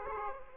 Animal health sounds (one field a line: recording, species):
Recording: mosquito wingbeat signal from an infrared sensor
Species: Aedes aegypti